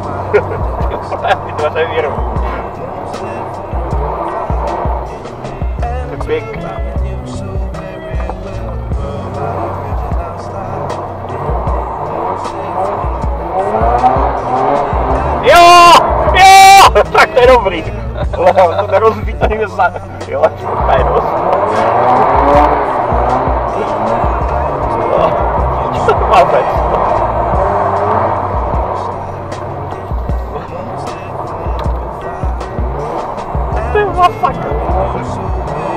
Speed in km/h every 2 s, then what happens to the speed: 10, 8, 19, 24, 20, 15, 26, 24, 12, 0, 0, 17, 9, 6, 18, 12, 20, 16.
2-5 speeds up to 24. 5-10 steady at about 20. 10-13 speeds up to 26. 13-18 brakes to 0. 18-21 standing. 23-25 brakes to 6. 25-28 speeds up to 18. 28-36 steady at about 16.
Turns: 6-17, 21-24, 26-36.